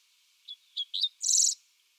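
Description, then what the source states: Dickcissel giving short, sharp chip-like notes, three in quick succession, then ending in a loud, harsh buzzy burst. Recorded 8 June 2021.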